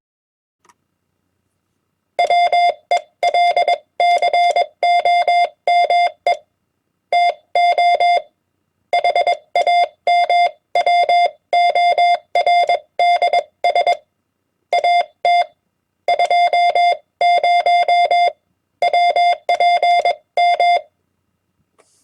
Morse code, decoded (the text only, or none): WELCOME TO HAMWORDS AT 20 WPM